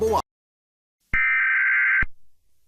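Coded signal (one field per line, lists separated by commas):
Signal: Emergency Alert System (SAME) tones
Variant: header bursts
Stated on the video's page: Fictional zombie apocalypse EAS rendition with TTS, not a real alert.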